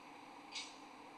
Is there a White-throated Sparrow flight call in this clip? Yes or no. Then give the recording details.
no. No flight call is heard. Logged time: 02:49 on 25 November 2014